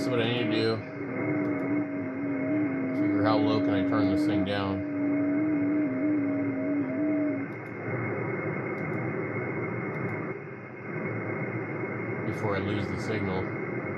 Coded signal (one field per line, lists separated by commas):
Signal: FT8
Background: speech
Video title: 3:30am ham radio report and shack updates